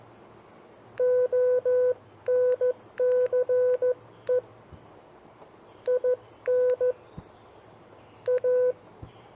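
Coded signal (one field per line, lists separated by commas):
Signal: Morse code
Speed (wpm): 14 wpm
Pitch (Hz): 500 Hz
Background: none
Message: ONCE IN A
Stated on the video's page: CW copy practice of common phrases, sent on a TR45L or Elecraft KX2 with paddle keys, MC-750 vertical whip, battery powered.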